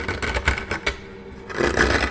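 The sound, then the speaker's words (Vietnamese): Rough scratching on a door: a few separate rasping strokes, a brief pause, then a longer, louder stretch of grating scrapes. No one speaks. “Tai thằng Huy nghe rõ mồn một có tiếng cào lên cánh cửa.”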